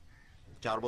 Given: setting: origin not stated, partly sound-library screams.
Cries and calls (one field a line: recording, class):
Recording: one-second piece from a danger detection set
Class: normal situation